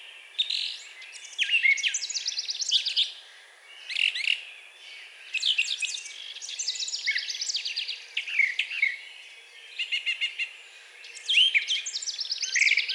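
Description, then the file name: Brown thrasher song in bursts of about a second, each a jumble of rapid, harsh and sweet notes, phrases often doubled, with brief quiet spells between. Recorded on 4 June 2020. "2020-06-04 Brown Thrasher"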